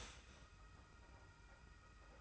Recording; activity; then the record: daily activity, microphone in the room; start toaster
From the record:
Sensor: 2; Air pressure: 991.5 hPa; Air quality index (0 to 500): 188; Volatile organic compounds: 1000 ppm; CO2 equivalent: 6145 ppm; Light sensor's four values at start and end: 31/95/37/35 and 31/95/37/35